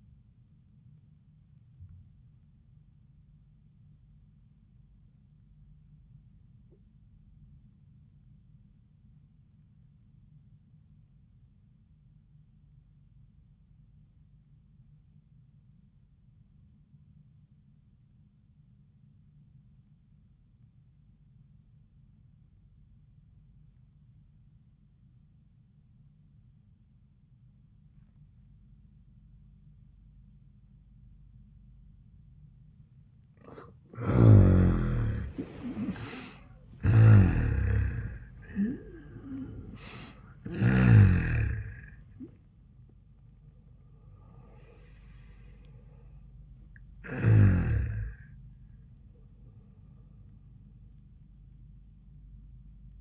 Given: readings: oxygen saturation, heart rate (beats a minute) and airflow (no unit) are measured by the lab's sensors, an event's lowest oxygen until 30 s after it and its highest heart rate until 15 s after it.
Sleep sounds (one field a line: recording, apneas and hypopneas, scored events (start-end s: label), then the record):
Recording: breathing in sleep by a smartphone at the bedside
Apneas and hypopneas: 1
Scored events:
4.00-33.90 s: obstructive apnea (REM, oxygen 95% highest, then 70% lowest, heart rate 72 at the start, 90 highest)
From the record:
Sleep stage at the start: REM sleep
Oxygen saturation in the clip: 70 to 95%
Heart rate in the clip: 62 to 90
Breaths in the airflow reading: 4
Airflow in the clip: -23.6 to 10.9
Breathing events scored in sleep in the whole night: 400 in 8.7 hours asleep